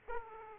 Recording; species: mosquito wingbeat signal from an infrared sensor; Aedes aegypti